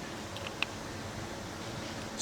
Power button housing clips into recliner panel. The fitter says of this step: up those two clips at the top snap